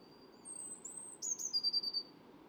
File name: Cyanistes caeruleus